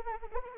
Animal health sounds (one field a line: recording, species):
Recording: mosquito wingbeat signal from an infrared sensor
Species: Anopheles arabiensis